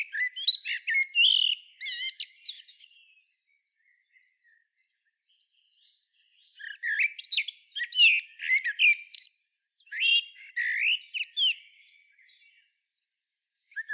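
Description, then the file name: Common blackbird song in three phrases of warbling notes with squeaky, rapid high flourishes, separated by silent pauses. "Turdus merula"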